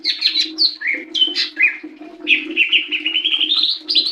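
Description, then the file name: Leafbird singing nonstop, mixing slurred whistles, sharp chips and a rising trilled passage, with a faint low hum throughout. "cucak hijau mini. omkicau"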